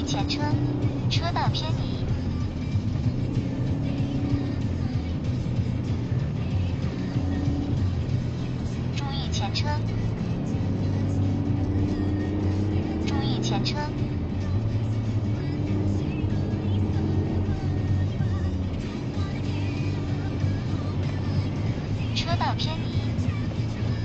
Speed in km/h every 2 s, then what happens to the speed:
69, 62, 65, 67, 63, 73, 76, 73, 73, 71, 71, 63.
0-8 steady at about 65. 8-12 speeds up to 76. 12-20 steady at about 73. 20-24 slows to 63.